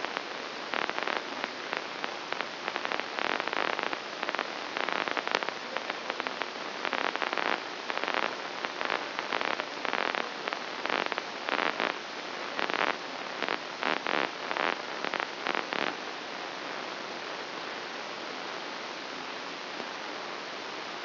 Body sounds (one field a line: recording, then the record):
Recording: brain microelectrode recording played as sound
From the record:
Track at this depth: inside the subthalamic nucleus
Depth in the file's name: 6.705 mm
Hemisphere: left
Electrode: 2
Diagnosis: Parkinson's disease